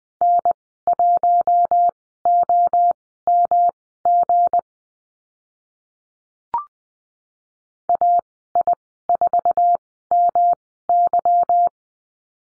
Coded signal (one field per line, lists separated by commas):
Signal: Morse code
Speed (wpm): 20 wpm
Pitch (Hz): 700 Hz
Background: none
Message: N1OMG AI4MY